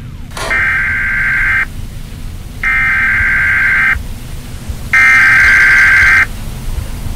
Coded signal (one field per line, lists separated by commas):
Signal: Emergency Alert System (SAME) tones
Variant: header bursts